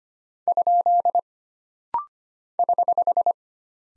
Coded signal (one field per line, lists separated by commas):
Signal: Morse code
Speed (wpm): 25 wpm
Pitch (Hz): 700 Hz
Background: none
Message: ? <HH>